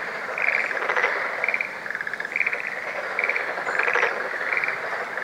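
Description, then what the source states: Black-spotted pond frogs calling in a thick chorus: rattling croaks mixed with brief, quick, high trills repeating regularly. Recorded 21 April 2014.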